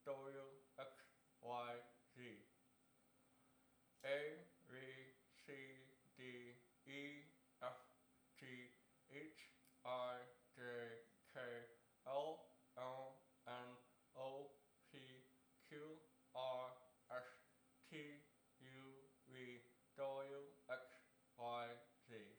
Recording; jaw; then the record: letters of the alphabet, spoken; constrained by a bite bar between the teeth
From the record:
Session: first day, right after the free take